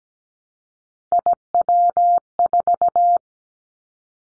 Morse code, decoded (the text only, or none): IW4